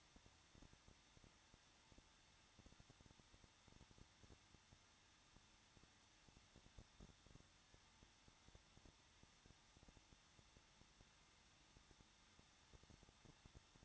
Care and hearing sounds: daily activity, microphone in the room; no activity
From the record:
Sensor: 3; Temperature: 21.2 degrees Celsius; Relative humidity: 36.4%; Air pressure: 1006.4 hPa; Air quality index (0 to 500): 223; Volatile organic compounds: 43 ppm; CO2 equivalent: 3191 ppm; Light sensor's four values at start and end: 2/3/2/2 and 2/3/2/2

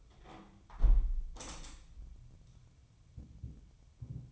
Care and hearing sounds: daily activity, microphone in the room; close window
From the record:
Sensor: 1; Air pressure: 1014.9 hPa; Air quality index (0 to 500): 26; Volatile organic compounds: 1 ppm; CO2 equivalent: 507 ppm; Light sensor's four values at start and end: 10/25/10/11 and 11/25/10/11

